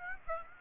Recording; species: mosquito wingbeat signal from an infrared sensor; Aedes aegypti